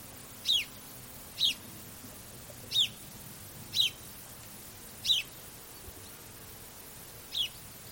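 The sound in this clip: Bird giving short, sharp, high chirps that drop in pitch, six of them spaced about a second or two apart over a low, steady background hiss.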